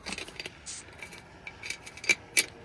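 A metal T-bolt for solar panel mounting is slipped into the channel of an aluminium rail and twisted, with light scraping and small metallic ticks early on. Two sharp, bright clicks ring out at 2.1 s and 2.4 s as it clicks and locks in place, seated and ready to be tightened with a 7/16 or 9/16.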